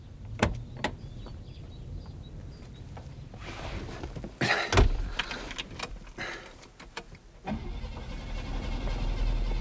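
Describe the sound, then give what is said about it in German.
A car engine, flooded, cranks over without catching after the car skidded and crashed, as someone tests whether it still runs, with sharp mechanical clicks early on, bursts of grinding noise midway, then a low uneven rumble building toward the end. No one speaks. “Probieren Sie doch, ob der Motor noch läuft.”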